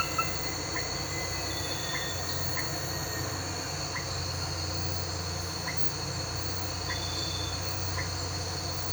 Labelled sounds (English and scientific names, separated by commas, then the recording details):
none
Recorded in pastures near Puerto Asís, Putumayo, Colombia, on 13 March 2025 at 04:00
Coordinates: 0.466, -76.322
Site CSA-02